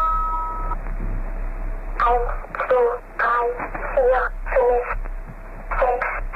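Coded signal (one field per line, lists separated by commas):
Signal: numbers station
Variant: Swedish Rhapsody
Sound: short steady tones, then a thin radio voice reading evenly spaced short words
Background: radio static, low hum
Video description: The numbers station featured in this is called The Swedish Rhapsody.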